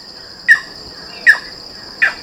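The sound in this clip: Wood-rail calling: three short sharp chirped notes spaced under a second apart, over a steady high insect drone.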